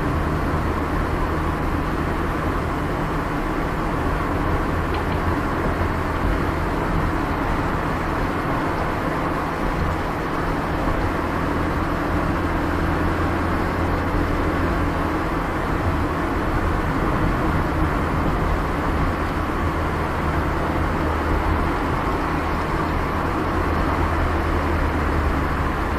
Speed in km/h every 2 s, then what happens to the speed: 57, 57, 57, 58, 59, 59, 60, 60, 60, 60, 60, 59, 59.
0-26 steady at about 59.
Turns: none.